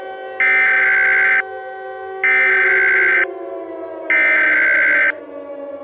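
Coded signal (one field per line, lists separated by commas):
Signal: Emergency Alert System (SAME) tones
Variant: header bursts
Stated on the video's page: Fictional EAS scenario imagining an alert for a real event.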